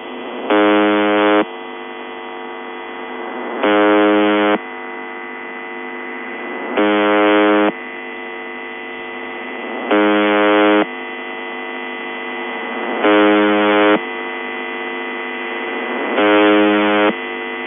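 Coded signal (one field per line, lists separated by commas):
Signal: channel marker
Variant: UVB-76 (The Buzzer)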